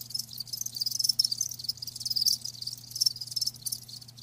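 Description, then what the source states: Cricket trilling high and buzzy, blending into a near-continuous shimmer with slight swells, and a soft low hum. Live crickets chirping, a lulling song.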